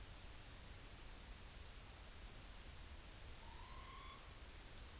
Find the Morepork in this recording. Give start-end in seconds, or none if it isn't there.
3.37-4.40